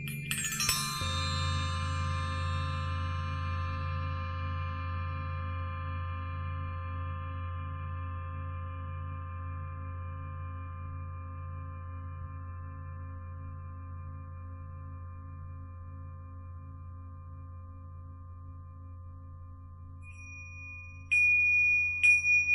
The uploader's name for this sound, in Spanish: Cuencos Tibetanos